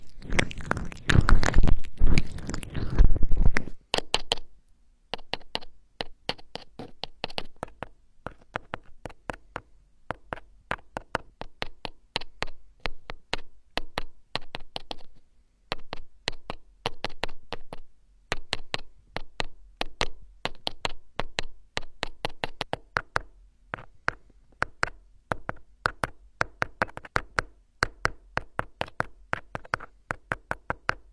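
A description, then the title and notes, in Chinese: Vigorous ear rubbing opens with four seconds of loud, dense scrubbing, then turns into rapid, sharp crackling taps in uneven bursts over a faint low hum. 暴力搓耳。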